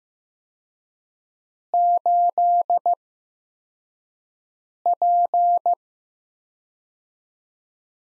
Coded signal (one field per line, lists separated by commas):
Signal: Morse code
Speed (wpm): 15 wpm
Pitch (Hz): 700 Hz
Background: none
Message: 8P